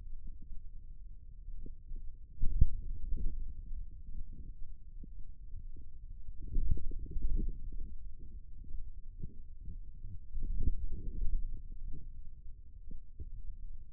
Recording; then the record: forearm muscle sounds (acoustic myography)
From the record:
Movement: wrist extension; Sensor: system 2, bracelet of six BSWA MPA416 microphones around the upper forearm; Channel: 3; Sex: male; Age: 22 years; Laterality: right